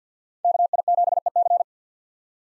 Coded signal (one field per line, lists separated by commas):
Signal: Morse code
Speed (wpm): 50 wpm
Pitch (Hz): 700 Hz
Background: none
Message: KI7EC